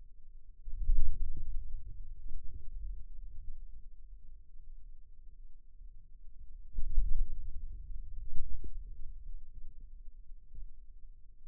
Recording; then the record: forearm muscle sounds (acoustic myography)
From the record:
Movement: hand closing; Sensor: system 2, bracelet of six BSWA MPA416 microphones around the upper forearm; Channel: 2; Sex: male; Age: 22 years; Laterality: right